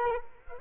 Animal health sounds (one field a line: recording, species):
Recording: mosquito wingbeat signal from an infrared sensor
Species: Culex quinquefasciatus